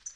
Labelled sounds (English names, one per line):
Tennessee Warbler flight call